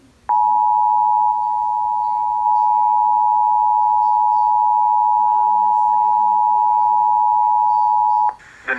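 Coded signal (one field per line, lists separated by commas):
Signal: Emergency Alert System (SAME) tones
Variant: 853 and 960 Hz attention tone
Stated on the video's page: Severe Thunderstorm Warning from National Weather Service relayed on New Jersey public television, radar indicated.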